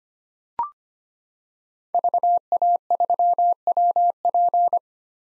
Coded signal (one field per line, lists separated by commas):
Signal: Morse code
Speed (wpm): 25 wpm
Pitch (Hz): 700 Hz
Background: none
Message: VA3WP